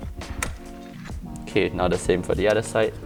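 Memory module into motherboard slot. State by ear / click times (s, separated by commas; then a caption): seated / 0.4 s. A Patriot Viper Steel RGB desktop memory stick is pressed down into a motherboard DIMM slot until the retention latch snaps shut with a sharp click at 0.4 s, seating the module. Music plays in the background and someone talks afterward.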